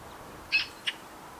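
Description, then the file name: Eurasian magpie giving two dry, rasping chack notes in quick succession, the first longer and louder, against soft steady hiss. "Pica pica"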